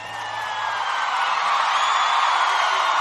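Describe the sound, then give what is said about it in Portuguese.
A concert crowd in 2010 applauds and cheers for the Orquestra Sinfônica Vila Lobos, conducted by Moema Lima, a dense, steady wash of clapping that stays loud throughout, with a few high whoops or whistles gliding over the top. “A Orquestra Sinfônica Vila Lobos, galera, vamos aplaudir.”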